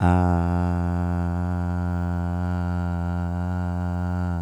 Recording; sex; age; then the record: sustained vowel /a/; male; 20 to 29 years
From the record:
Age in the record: 27 years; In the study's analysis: included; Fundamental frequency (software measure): 88 Hz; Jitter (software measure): 0.24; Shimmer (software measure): 0.89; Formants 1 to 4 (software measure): 791 Hz, 1434 Hz, 2741 Hz, 4110 Hz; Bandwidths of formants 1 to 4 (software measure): 175 Hz, 129 Hz, 448 Hz, 368 Hz